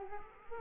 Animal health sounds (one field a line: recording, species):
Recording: mosquito wingbeat signal from an infrared sensor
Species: Culex quinquefasciatus